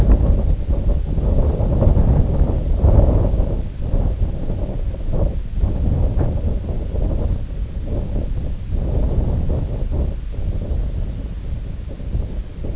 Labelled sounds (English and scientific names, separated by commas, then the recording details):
none
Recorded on Arctic tundra, site IGLO-D, on 19 June 2018
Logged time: 14:00